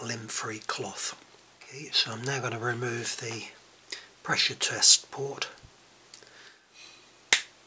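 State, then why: Released. Someone talks while removing the pressure test port from the regulator block of a Weihrauch HW100 air rifle. The very tightly done-up steel retaining bolt holding the port breaks free with a single sharp click at 7.3 s, and the bolt is released.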